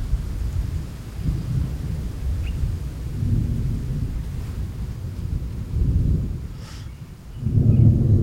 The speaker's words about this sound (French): Ça roule, voilà. Alors ça, c'est des sons assez typiques de plaine, c'est-à-dire que l'orage roule, il avance. En montagne, il va craquer, il va exploser et très vite disparaître. Alors que là, ça roule, ça passe, ça s'éloigne, ça va dans le paysage.